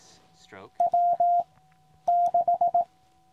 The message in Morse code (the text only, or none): W6